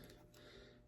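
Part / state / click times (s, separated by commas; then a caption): mold halves closing around a jig hook / not seated / none. A two-piece aluminium jig mold is closed around a jig hook and base pin, with only steady low background noise and a faint brief tap around 0.3 s. No positive click is heard, and nothing has clicked or seated: the mold did not close properly, leaving gaps, because the hook had popped out of position.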